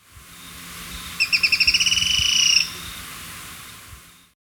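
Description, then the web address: Black-throated tody-tyrant call: one rapid series of high, clicking notes lasting about a second and a half, speeding up as it goes, then stopping. Recorded in Ecuador. "Birds of Ecuador 3-04 Black-Throated Tody-Tyrant"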